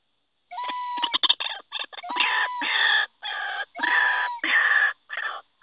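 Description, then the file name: White-breasted waterhen with loud grating croaks: brief clucks, then several drawn-out harsh bursts, some opening with a clear whistle-like note. Call recording used as a lure (pikat). "suara ruak ruak pikat. omkicau"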